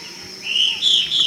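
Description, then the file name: Yellow-crowned Elaenia calls, a short run of three high, slurred whistled notes. "Myiopagis flavivertex - Yellow-crowned Elaenia"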